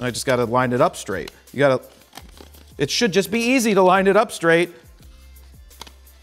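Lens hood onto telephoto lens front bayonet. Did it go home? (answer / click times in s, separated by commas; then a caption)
yes / 5.8 s. A bayonet-style lens hood is lined up and twisted onto the front of a Tamron 150-500 telephoto zoom lens for Nikon while someone talks over quiet background music. After the talking stops, faint handling sounds follow, and the hood clicks and locks into place at 5.8 seconds.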